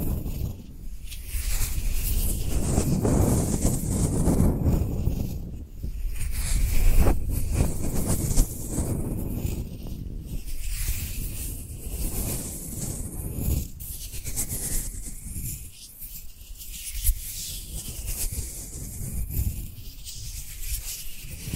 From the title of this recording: Dry Dry Dry Hand Sounds